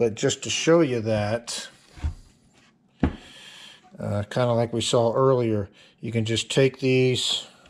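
A captive bolt is handled near the bushing of a HEMI valve cover from a Ram 2500 6.4L, with the cover off the vehicle, while someone talks. A sharp knock is heard at 3.0 s and a faint tick at about 4.0 s. The bolt has not yet been pushed in, and nothing has clicked into place.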